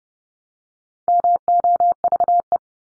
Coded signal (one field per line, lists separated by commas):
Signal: Morse code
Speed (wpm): 30 wpm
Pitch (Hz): 700 Hz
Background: none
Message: MOVE